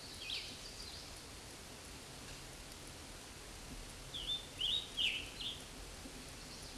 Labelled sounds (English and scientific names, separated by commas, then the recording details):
Scarlet Tanager (Piranga olivacea) song
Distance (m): 5 m
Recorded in a Pennsylvania forest on 19 May 2023 at 13:59
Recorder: AudioMoth, point grid1_7_low
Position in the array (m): 153 m, 63 m